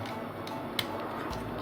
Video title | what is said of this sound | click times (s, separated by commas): Ultimate Transformers Toy Collection - New Transformers Toy Unboxing and Review #transformers #robot | Front track buckles are good | 0.8 s